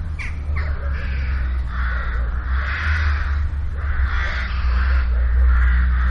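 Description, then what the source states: Crow cawing, a run of harsh, rasping calls spaced unevenly, a deep steady hum beneath. Holophonic recording.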